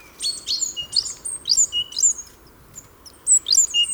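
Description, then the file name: Great tit calls: quick series of high, sharp descending chirps, grouped in short runs with a pause midway. "Parus major"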